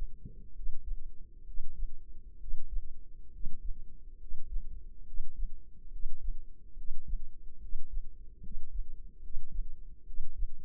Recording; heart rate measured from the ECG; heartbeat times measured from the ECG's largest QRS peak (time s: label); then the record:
heart sounds by microphone in the left ear; 69 bpm
0.52 s: heartbeat
1.43 s: heartbeat
2.37 s: heartbeat
3.29 s: heartbeat
4.17 s: heartbeat
5.03 s: heartbeat
5.89 s: heartbeat
6.74 s: heartbeat
7.58 s: heartbeat
8.40 s: heartbeat
9.19 s: heartbeat
10.03 s: heartbeat
From the record:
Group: healthy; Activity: rest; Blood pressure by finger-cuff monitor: 104/63 mmHg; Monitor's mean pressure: 74 mmHg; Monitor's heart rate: 67 bpm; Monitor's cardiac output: 5 L/min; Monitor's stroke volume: 73 mL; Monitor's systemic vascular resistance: 1040 dyn s/cm5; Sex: male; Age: 20 years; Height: 167 cm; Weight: 61 kg